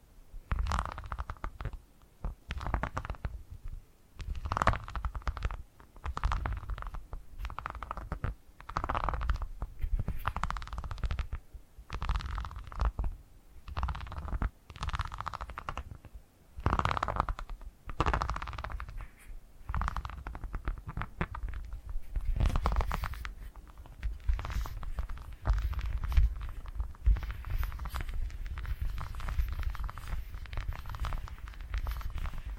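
Purring made of low, rumbly bursts pulsing about once a second, growing denser and more continuous with faint scratchy crackles over the final ten seconds.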